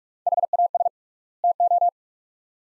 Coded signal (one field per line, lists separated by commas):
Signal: Morse code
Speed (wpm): 44 wpm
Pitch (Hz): 700 Hz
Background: none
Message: HAS TO